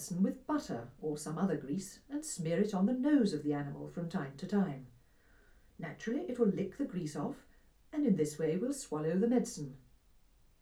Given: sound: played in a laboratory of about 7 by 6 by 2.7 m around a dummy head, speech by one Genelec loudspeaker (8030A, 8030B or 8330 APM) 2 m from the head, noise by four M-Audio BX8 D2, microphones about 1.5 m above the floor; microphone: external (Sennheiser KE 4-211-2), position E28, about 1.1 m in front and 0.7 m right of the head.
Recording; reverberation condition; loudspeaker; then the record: female speech in English; low; 60 degrees to the left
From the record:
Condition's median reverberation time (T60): about 310 ms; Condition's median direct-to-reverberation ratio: about 3.5 dB